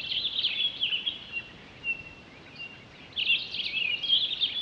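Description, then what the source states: Townsend's solitaire song: a rich, fast tumbling warble of high notes, pausing briefly midway before resuming, with faint steady background noise. Recorded 23 October 2011.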